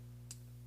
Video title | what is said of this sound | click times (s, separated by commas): Transformers Shattered Glass Flamewar & Fireglide Transformation Guide! | once again you'll you'll feel it click into place right | 0.3 s